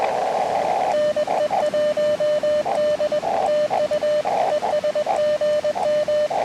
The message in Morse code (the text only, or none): NE1D TU ES GM